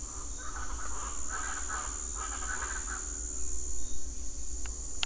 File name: Speckled chachalaca